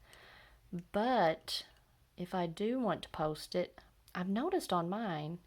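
Someone talks while handling a Moonman M800 fountain pen, about to push its cap onto the back end of the barrel to post it. Nothing has seated or clicked yet.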